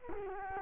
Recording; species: mosquito wingbeat signal from an infrared sensor; Culex quinquefasciatus